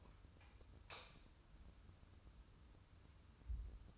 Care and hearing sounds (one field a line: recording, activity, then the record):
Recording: daily activity, microphone in the room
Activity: light on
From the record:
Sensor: 2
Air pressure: 994.3 hPa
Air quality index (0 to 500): 215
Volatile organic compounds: 1000 ppm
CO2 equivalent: 7125 ppm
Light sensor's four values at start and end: 117/278/117/120 and 119/288/120/123